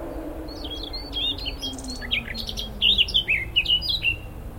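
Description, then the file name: Eurasian blackcap warbling, a mix of thin twittering and mellow whistled notes that grow louder toward the end. "Sylvia atricapilla"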